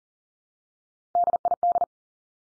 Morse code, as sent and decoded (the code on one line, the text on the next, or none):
-.. .. -..
DID